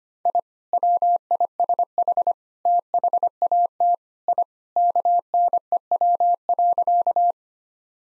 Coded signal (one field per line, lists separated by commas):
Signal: Morse code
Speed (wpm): 25 wpm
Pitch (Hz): 700 Hz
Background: none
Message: I WISH THAT I KNEW.